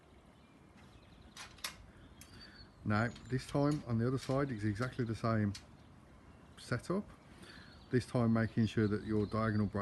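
An aluminium diagonal brace hook is slotted onto a scaffold tower frame rung and its clip is turned to lock it into place, seating with a sharp click at about 1.6 s. A second faint tap follows near 2.2 s, and then someone talks for the rest of the clip.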